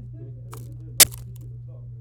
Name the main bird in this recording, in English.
Domestic Canary